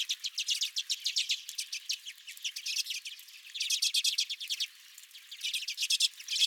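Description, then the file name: Redpoll chatter: fast, repeated twittering notes from several birds in bursts, with a short lull near the five-second mark. Several redpolls at the recordist's own feeder. "Redpolls at My Feeder"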